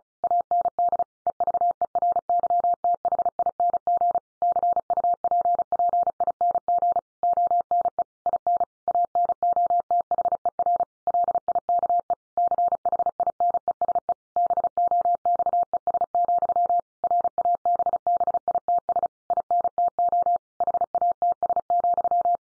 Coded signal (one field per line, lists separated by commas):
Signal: Morse code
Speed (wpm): 34 wpm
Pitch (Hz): 700 Hz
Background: none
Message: AND EVERYTHING CUPPING ONE IN ANOTHER LIKE CHINESE BOXES, RABBITS INTO HATS,